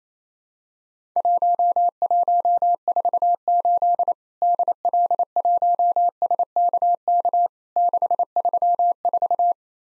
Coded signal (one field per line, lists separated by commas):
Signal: Morse code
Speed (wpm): 27 wpm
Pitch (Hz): 700 Hz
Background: none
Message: 1148 DL1SKK 634